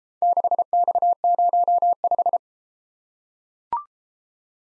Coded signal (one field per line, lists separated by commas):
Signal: Morse code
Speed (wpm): 32 wpm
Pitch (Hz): 700 Hz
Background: none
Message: 6X05